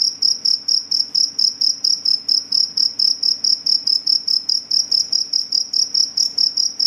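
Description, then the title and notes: Cricket chirping rapidly, a piercing high trill broken into quick even pulses over two per second, continuing without a break. Cricket chirping, said to repel mosquitoes, insects and rats. "Suara Pengusir Nyamuk Anti Masquito. Jangkrik pengusir tikus. Suara Pengusir Serangga dan Tikus"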